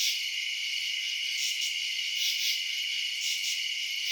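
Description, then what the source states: Shrill cricket chirping, a steady high drone with a few louder pulses standing out. Crickets recorded at night in residential suburbs.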